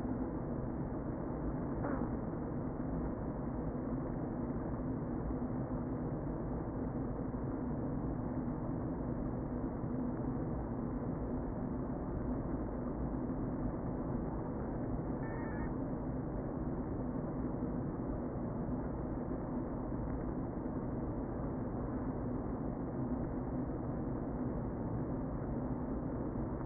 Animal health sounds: honeybee colony, microphone inside the hive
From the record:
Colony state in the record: queen present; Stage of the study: before two queens were removed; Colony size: about 60,000 bees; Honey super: yes

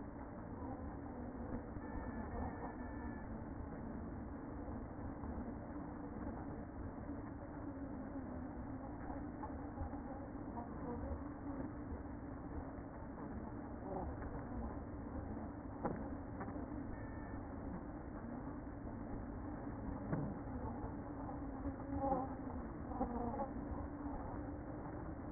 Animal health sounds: honeybee colony, microphone inside the hive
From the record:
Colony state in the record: queen present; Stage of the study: after two queens were removed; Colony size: about 60,000 bees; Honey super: yes

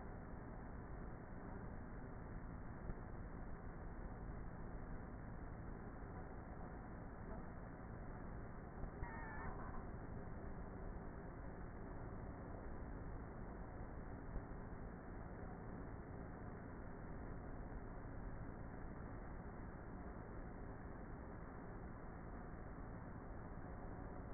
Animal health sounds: honeybee colony, microphone inside the hive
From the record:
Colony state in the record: queenless with a low population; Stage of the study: before two queens were removed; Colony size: about 30,000 bees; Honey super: no

